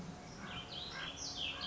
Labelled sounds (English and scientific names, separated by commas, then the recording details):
Common Raven (Corvus corax)
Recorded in Sonoma County, California